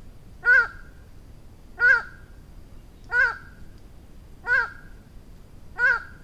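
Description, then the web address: Highland tinamou calling: a hoarse, nasal note repeated steadily about every 1.3 seconds, five times, over a soft background hiss. "Highland tinamou. صدای-پرنده-وشم-کوهسار"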